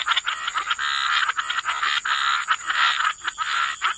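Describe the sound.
Frogs croaking together in a nearly continuous grating chorus, calls blending into one another, a steady high-pitched tone running throughout.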